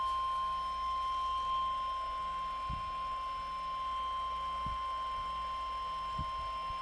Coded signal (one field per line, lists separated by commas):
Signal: Emergency Alert System (SAME) tones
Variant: 1050 Hz attention tone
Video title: EAS Required Weekly Test NOAA Weather Radio KEC65 (featuring WR300 Version 1)